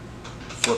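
On a Xerox AltaLink C8000 series office copier, during MOB sensor replacement, a unit has been pushed all the way into the R6 slot and its knob tightened clockwise. The plastic locking latch is then flipped to the left, making one sharp, short click at 0.6 s. The latch is flipped closed and the unit is seated.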